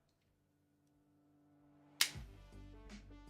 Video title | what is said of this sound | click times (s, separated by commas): Devastator Unboxing Marathon: Complete Studio Series Set | There we go. Nice satisfying click there. | 2.0 s